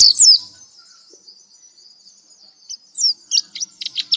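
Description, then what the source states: Nightingale song opening with a sharp burst, then a pause, ending in a quick string of short, bright notes. Masteran tutor recording, used to teach cage birds to sing.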